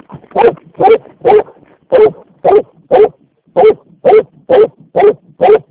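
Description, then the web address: Dog giving quick barks, roughly two each second, with a couple of short breaks. A dog named Vekku. "Vekku. taperan koirat"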